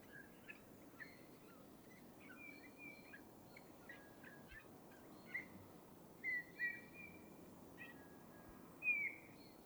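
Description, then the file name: Eurasian bullfinch: soft descending piping whistles, sparse at first and clearer near the end, among faint clicks and other bird notes. "Pyrrhula pyrrhula"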